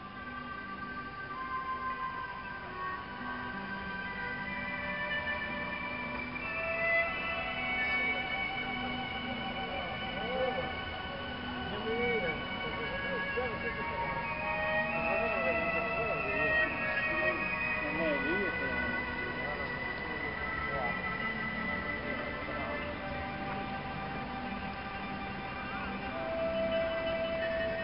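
Soft new age music drifts from a grove of trees in a park, built from long sustained tones that overlap and shift slowly. Voices chatter throughout, rising in the middle of the recording, over a steady low outdoor hum.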